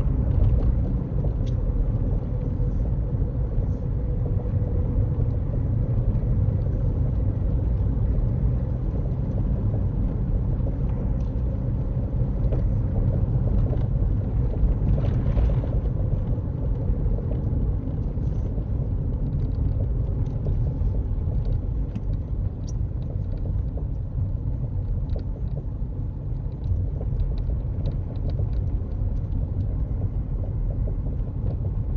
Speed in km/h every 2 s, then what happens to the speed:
42, 42, 44, 47, 45, 47, 45, 42, 35, 31, 26, 24, 24, 27, 27, 27.
0-10 steady at about 44. 10-21 slows to 24. 21-32 steady at about 27.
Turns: none.